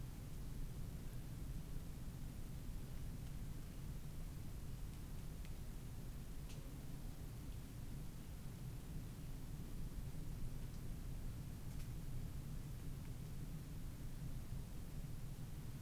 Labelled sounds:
North Island Brown Kiwi (Apteryx mantelli) male call
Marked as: faintness 5/5
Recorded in New Zealand on 25 November 2015
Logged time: 01:28
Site CH66

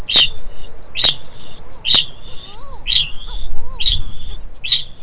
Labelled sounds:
Kākāpō (Strigops habroptilus) ching call
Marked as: faintness 2/5
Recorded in New Zealand
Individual Stumpy

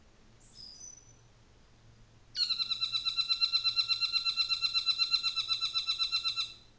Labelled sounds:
North Island Saddleback (Philesturnus rufusater)
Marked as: faintness 1/5
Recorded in New Zealand on 24 December 2018
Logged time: 13:40

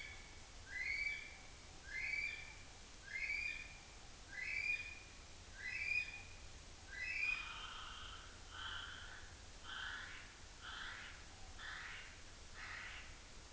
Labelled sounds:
North Island Brown Kiwi (Apteryx mantelli) male call, North Island Brown Kiwi (Apteryx mantelli) female call
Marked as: faintness 1/5
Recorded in New Zealand on 29 April 2013
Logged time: 02:19

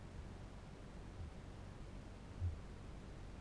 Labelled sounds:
Kākāpō (Strigops habroptilus) boom
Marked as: faintness 5/5
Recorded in New Zealand
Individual Barnard

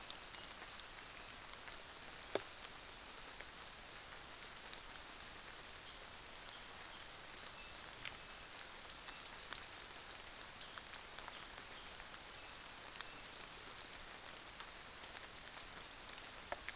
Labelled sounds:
North Island Saddleback (Philesturnus rufusater), New Zealand Fantail (Rhipidura fuliginosa)
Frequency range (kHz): North Island Saddleback (Philesturnus rufusater) 2.4-2.9 kHz
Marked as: faintness 5/5, faintness 4/5
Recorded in New Zealand on 24 December 2018
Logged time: 06:00

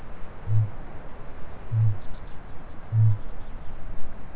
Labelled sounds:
Kākāpō (Strigops habroptilus) boom
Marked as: faintness 2/5
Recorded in New Zealand
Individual Stumpy

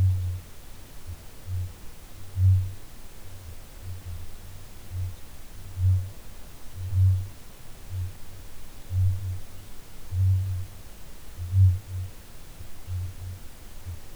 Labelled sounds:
Kākāpō (Strigops habroptilus) boom
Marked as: faintness 2/5, faintness 3/5
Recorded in New Zealand
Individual Ben

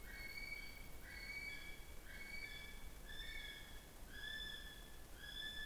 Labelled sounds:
North Island Brown Kiwi (Apteryx mantelli) male call
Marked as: faintness 1/5
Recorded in New Zealand on 15 November 2013
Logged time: 00:43
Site BV22

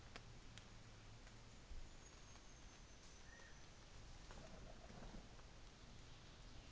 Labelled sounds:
New Zealand Fantail (Rhipidura fuliginosa)
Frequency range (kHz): New Zealand Fantail (Rhipidura fuliginosa) 5.7-7.2 kHz
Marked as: faintness 4/5
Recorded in New Zealand on 24 December 2018
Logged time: 10:15

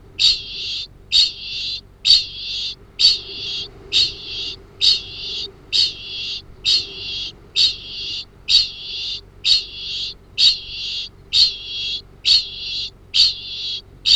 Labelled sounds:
Kākāpō (Strigops habroptilus) ching call
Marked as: faintness 1/5
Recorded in New Zealand
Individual Arab

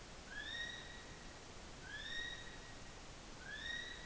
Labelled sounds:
North Island Brown Kiwi (Apteryx mantelli) male call
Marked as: faintness 2/5
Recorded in New Zealand on 16 June 2014
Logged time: 02:19

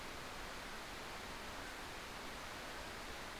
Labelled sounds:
North Island Brown Kiwi (Apteryx mantelli) female call
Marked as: faintness 5/5
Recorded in New Zealand on 13 December 2015
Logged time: 21:44
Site CL72

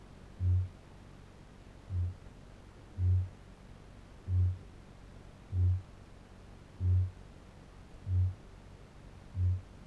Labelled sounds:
Kākāpō (Strigops habroptilus) boom
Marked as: faintness 2/5
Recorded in New Zealand
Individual Barnard

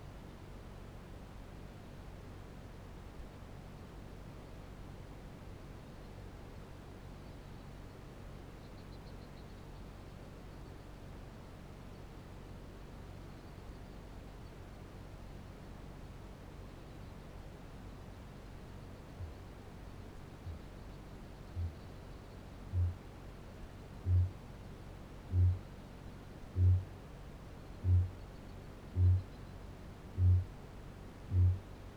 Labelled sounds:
Kākāpō (Strigops habroptilus) boom
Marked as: faintness 5/5, faintness 3/5
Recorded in New Zealand
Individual Barnard

